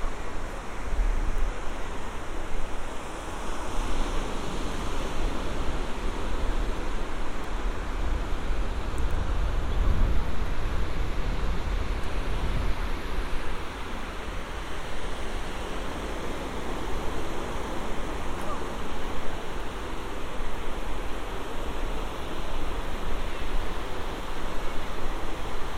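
A walk on the beach near Santa Monica Pier, with a steady, dense wash of surf filling the whole clip. The roar stays even, with a low rumble swelling around the ten-second mark and faint murmurs of voices mixed into the background.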